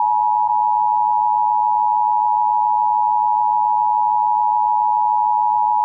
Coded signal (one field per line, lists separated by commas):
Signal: Emergency Alert System (SAME) tones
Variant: 853 and 960 Hz attention tone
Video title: WXJ55 PULLS A CRS EAS Alerts From 3/27/21 (EAS $415-422)